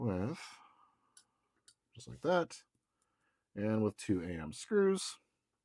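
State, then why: Not seated. A plastic piece of a starship scale model hull is set over the top of the assembly and handled before being pressed down and screwed, with faint handling taps between someone's talk. Nothing has seated or clicked into place yet.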